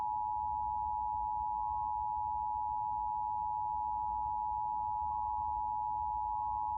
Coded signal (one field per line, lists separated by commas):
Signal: Emergency Alert System (SAME) tones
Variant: 853 and 960 Hz attention tone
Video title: WPVI-TV Emergency Alert System Required Monthly Test in PA (EAS #130)